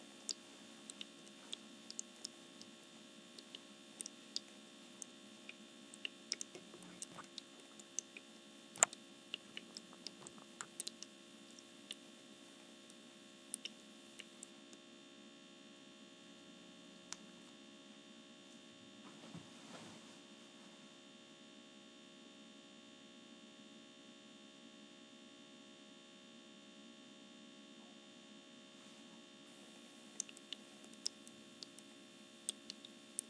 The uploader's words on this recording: ASMR Essential Oil Diffuser Misting.